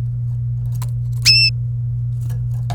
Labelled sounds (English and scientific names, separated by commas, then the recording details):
Domestic Canary (Serinus canaria) song
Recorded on 27 April 2018 at 08:07
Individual llb3